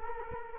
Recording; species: mosquito wingbeat signal from an infrared sensor; Culex quinquefasciatus